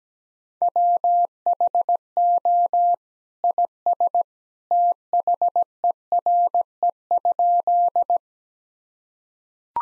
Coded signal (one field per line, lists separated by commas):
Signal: Morse code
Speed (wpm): 17 wpm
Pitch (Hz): 700 Hz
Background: none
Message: WHO IS THERE?